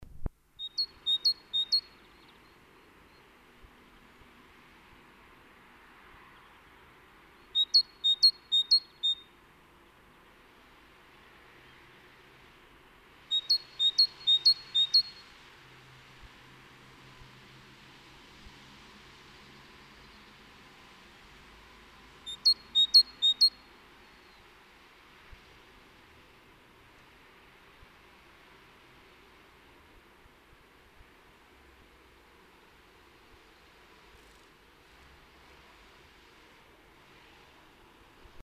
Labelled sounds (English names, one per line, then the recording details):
Great Tit call
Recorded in the wild
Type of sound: call
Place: Kaiserslautern, Rheinland-Pfalz, DE
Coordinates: 49.4247, 7.77889
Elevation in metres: 279
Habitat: garden
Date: 1977-04-13
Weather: Wind, Regen
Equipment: Nagra IV, Sennheiser MKH 405, Parabolreflektor
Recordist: Tretzel, Erwin
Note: Vorgarten, durch offenes Wohnzimmerfenster, Kaiserslautern: Lockrufe